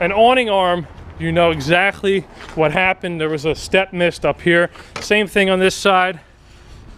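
Someone talks while handling the awning rafter arm on a 2016 Airstream Flying Cloud 28A Twin Bed travel trailer, about to pull its telescoping metal tube down so the pin snaps into a notch and locks, as was done on the first side. Only speech is heard, with no distinct impacts. Nothing has seated or clicked yet.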